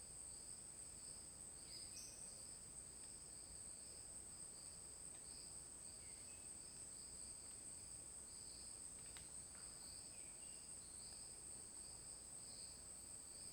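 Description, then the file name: Crickets chirping: a continuous high, shrill trill holds steady over a hissy background, with a few faint, brief bird notes scattered through. Forest ambience with crickets and an isolated bird song. "Ambiente na floresta com grilos e canto de passaro isolado"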